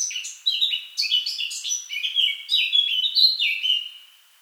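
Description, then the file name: Eurasian blackcap song: a continuous, fast warble mixing scratchy notes with rich, fluty whistles that step up and down, fading at the end. "Sylvia atricapilla"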